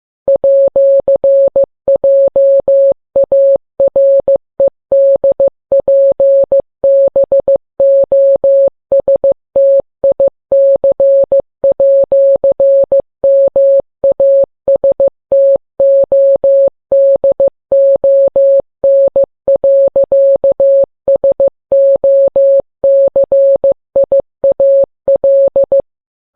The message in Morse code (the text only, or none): @JAREDPBOSTIC@MASTODON.SOCIAL